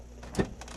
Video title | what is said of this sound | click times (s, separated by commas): 09 L'huile à frein. | On vient d'entendre un petit déclic. | 0.6 s